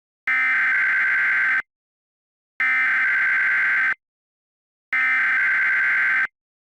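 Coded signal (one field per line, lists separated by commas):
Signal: Emergency Alert System (SAME) tones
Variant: header bursts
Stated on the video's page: Fictional EAS scenario, a simulated alert that contains valid SAME tones.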